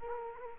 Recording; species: mosquito wingbeat signal from an infrared sensor; Culex quinquefasciatus